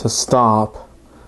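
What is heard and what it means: The plastic brick jaw joint of a brick-built toy dinosaur head from the Lego Jurassic World T-Rex Tracker set #75918 is handled as the jaw is opened partway, where it holds by friction. Someone talks briefly, then the level drops to a quiet background. Nothing has seated or clicked into place yet.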